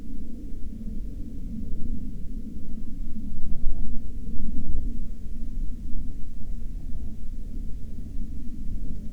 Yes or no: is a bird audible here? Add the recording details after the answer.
no. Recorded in the Prudhoe Bay oil fields, Alaska, on 16 July 2019 at 10:04. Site 13